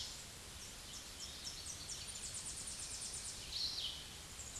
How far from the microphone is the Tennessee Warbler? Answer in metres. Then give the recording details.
about 35 m. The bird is about 5 m above the microphone. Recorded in a Pennsylvania forest on 16 May 2024 at 07:33. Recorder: AudioMoth, point MSD-2429. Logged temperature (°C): 16.7 °C. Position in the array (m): 70 m, 59 m